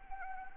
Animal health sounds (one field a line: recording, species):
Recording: mosquito wingbeat signal from an infrared sensor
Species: Anopheles arabiensis